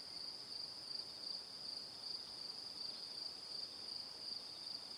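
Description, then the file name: Crickets give evenly spaced high chirps over a constant droning chorus. "Calm - Evening Crickets"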